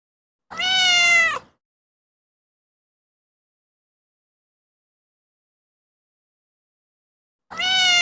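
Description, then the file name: Cat meowing: a single drawn-out meow lasting about a second, a long silence, then a second meow starting near the end. "A Cats Meow Long Version"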